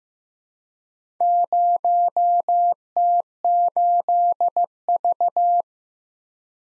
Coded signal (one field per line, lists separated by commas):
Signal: Morse code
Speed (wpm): 15 wpm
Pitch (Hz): 700 Hz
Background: none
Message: 0T8V